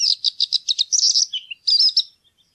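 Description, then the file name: Bluethroat song: a quick string of sharp, high chirped notes, then a short lower twitter and a final burst of varied high notes. "blaastrupe"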